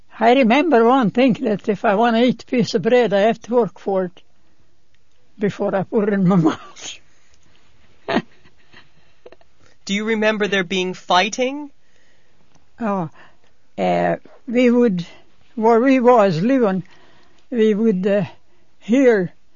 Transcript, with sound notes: I remember one thing, that if I want to eat a piece of bread I have to work for it before I put it in my mouth. ( she laughs )
Do you remember there being fighting?
Oh, we would, where we was living we would hear